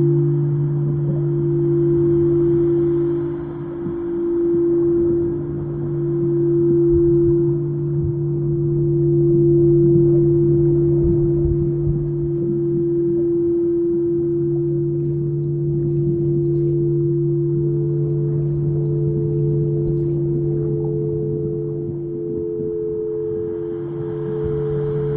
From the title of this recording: soundscape singing bowls, deep sea healing on the Great Barrier Reef